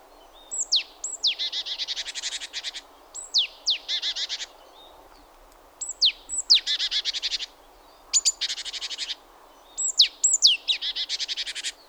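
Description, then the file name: Great tit calls repeated several times: each a sharp down-slurred whistle followed by a dense buzzy churring rattle. "Parus major"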